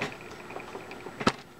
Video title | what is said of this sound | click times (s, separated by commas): NEW inkFLUENCER We Wear Cute - Click N Color Marker Set - Walmart Exclusive - Unboxing & Review | push it down until you hear it click and then it goes right onto your yeah | 1.3 s